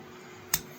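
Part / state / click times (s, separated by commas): metal ferrule on a wooden folding knife handle / released / 0.5 s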